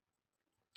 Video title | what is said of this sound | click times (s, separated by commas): ENSAMBLE FINAL | se la coloca de forma que los pines coincidan con el conector y presionamos sin hacer fuerza hasta escuchar el clip que nos indica que ha sido fijada o | 0.8 s